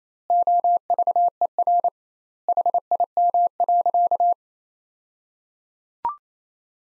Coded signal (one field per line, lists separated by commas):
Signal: Morse code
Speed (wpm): 28 wpm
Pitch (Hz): 700 Hz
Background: none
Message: OVER HIM.